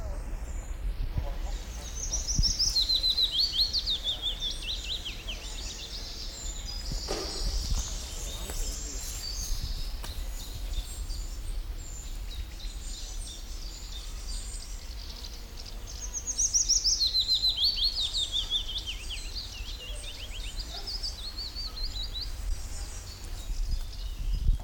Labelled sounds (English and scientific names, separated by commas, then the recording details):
Eurasian Wren (Troglodytes troglodytes)
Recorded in the wild
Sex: male
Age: adult
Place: Kremmen, Brandenburg, DE
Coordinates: 52.76, 13.03
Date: 1995-06-03 12:09
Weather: heiter, 18°C
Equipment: Marantz CP 430, Sennheiser ME 80, Kopie Uher 4000 Report Monitor
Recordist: Tembrock, Günter